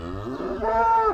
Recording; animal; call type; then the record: contact call of a hoofed animal; cattle; low-frequency (closed-mouth) or high-frequency (open-mouth) call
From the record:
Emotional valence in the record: negative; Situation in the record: physical separation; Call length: 1.14 s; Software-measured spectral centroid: 1150 Hz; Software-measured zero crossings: 1370 a second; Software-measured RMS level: -23 dBFS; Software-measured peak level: -9 dBFS